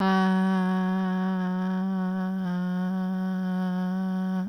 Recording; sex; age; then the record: sustained vowel /a/; female; 30 to 39 years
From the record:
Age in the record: 37 years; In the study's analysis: included